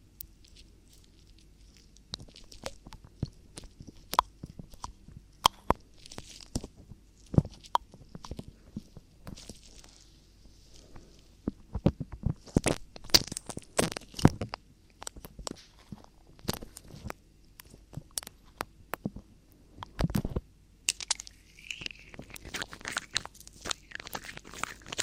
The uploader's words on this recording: ASMR Ear Cleaning For The Strongest Tingles [ NO TALKING ].